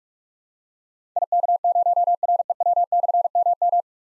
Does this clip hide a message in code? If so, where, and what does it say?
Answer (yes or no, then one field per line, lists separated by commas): yes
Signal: Morse code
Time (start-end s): 1.2-3.8 s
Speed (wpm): 44 wpm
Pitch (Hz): 700 Hz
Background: none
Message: IK0REW/MM